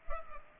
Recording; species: mosquito wingbeat signal from an infrared sensor; Culex pipiens